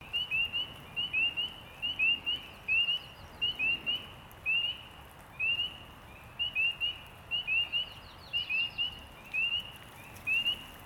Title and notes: Spring Peepers – those tiny frogs with a sometimes deafening chorus that emerge about this time of year